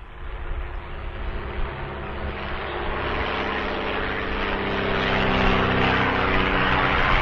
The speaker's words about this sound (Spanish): Cuento que esta avioneta que está fumigando, fumiga un campo que linda con la escuela 4, que está en Parada Robles. Ahí a 100 metros está el colegio y está fumigando desde aquí atrás hasta todo lo que va al campo, que llega hasta la ruta 8.